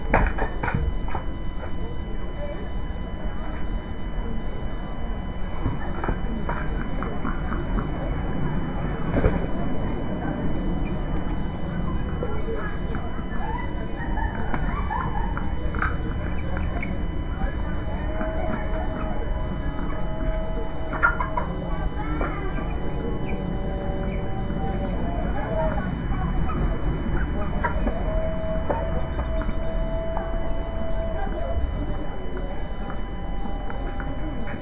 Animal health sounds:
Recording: poultry house recording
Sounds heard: healthy chickens

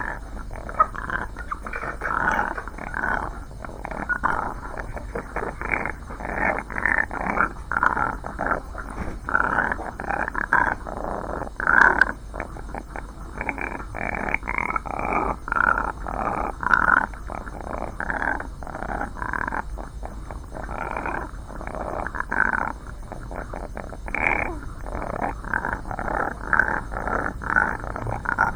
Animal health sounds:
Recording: poultry house recording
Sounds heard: sick chickens (respiratory disease)

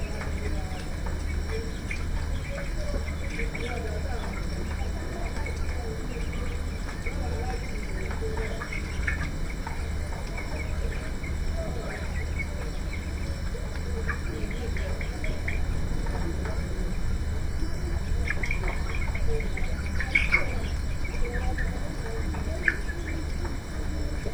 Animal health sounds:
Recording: poultry house recording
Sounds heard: healthy chickens

